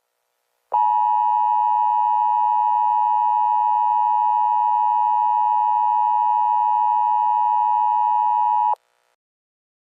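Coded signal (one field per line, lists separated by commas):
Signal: Emergency Alert System (SAME) tones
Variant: 853 and 960 Hz attention tone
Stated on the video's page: A fictional EAS scenario, not a real alert.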